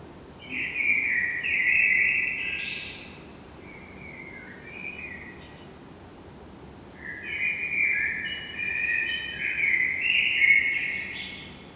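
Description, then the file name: Common blackbird giving two bursts of drawn-out, slightly warbled notes, each lasting a few seconds, with a quiet gap between them and a steady background hiss. "Turdus merula"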